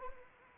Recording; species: mosquito wingbeat signal from an infrared sensor; Anopheles arabiensis